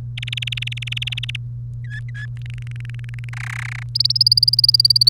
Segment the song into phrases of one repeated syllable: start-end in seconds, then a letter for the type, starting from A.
0.17-1.36 A, 1.84-2.26 B, 2.37-3.29 C, 3.33-3.83 D, 3.95-5.10 E